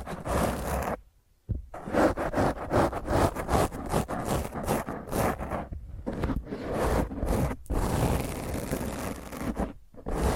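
Rough fingernail scratching on a microphone, dense and continuous raspy scraping with low rumble, pausing briefly near one second and ten seconds.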